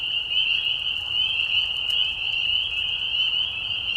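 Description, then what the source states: Spring peepers calling together, overlapping high whistled notes forming an unbroken shrill drone across the short stretch. Spring peepers in a marsh at night during a short spring breeding season, giving mating calls as high whistles at low volume; Tiny Marsh Conservation Area, Tiny, Ontario.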